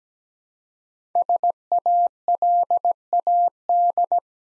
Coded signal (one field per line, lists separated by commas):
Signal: Morse code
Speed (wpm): 17 wpm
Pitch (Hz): 700 Hz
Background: none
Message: SALAD